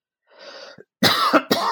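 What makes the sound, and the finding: Adult man. Cough.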